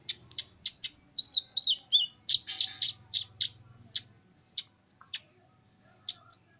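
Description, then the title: Small bird chirping: sharp high chirps and short twittering notes in quick irregular bursts, with a low hum underneath. "Burung Kecil"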